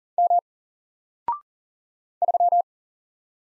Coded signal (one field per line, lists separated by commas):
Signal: Morse code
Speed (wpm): 40 wpm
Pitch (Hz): 700 Hz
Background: none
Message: M 3